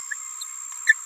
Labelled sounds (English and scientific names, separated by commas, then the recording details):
Green-rumped Parrotlet (Forpus passerinus) babbling
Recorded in a nest box in Venezuela
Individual 18B17A3